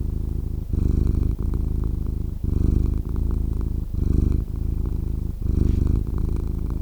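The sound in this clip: Cat purring, a steady low rumble that swells and dips in alternating breath phases, with brief pauses between phases.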